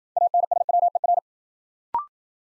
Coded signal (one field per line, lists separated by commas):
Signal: Morse code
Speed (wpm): 54 wpm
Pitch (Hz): 700 Hz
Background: none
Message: ANSWER